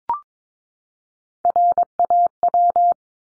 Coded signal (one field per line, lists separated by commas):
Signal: Morse code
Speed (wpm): 22 wpm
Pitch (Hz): 700 Hz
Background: none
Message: RAW